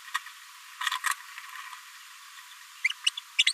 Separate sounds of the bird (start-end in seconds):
2.90-2.92, 3.06-3.09, 3.46-3.52